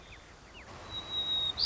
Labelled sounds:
White-crowned Sparrow (Zonotrichia leucophrys)

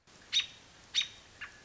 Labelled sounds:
American Robin (Turdus migratorius)

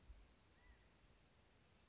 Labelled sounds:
California Quail (Callipepla californica)

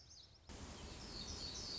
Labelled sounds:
Black-throated Gray Warbler (Setophaga nigrescens)

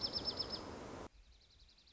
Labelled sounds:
Dark-eyed Junco (Junco hyemalis)

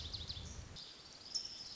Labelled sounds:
Pacific Wren (Troglodytes pacificus)

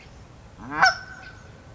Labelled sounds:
California Towhee (Melozone crissalis)

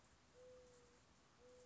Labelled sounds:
Mourning Dove (Zenaida macroura)

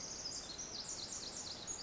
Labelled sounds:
Pacific Wren (Troglodytes pacificus)

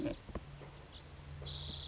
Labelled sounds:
Lazuli Bunting (Passerina amoena)

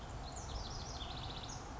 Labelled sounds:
House Wren (Troglodytes aedon)

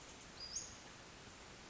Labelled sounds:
Western Flycatcher (Empidonax difficilis)

